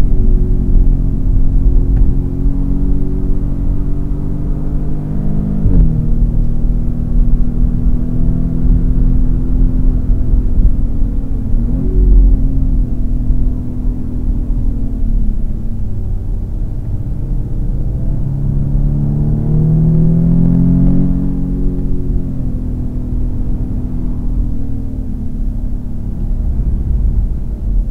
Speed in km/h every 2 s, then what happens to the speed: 102, 103, 117, 123, 128, 112, 95, 76, 74, 100, 104, 94, 88, 75.
0-8 speeds up to 128. 8-16 brakes to 74. 16-19 speeds up to 104. 20-28 brakes to 75.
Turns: 14-19.